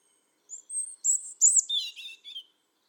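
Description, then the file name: European robin song: a short phrase of high, thin whistled notes that jump in pitch, ending in lower tumbling warbles. "Erithacus rubecula"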